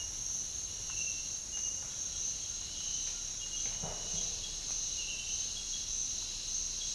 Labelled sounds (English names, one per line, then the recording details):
none
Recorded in dense forest near Puerto Asís, Putumayo, Colombia, on 4 March 2025 at 07:30
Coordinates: 0.484, -76.325
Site G045